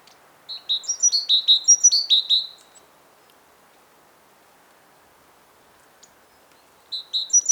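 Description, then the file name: Great tit calling, a quick burst of about ten sharp, high chipping notes over two seconds, then quiet before another short run begins at the end. "Parus major"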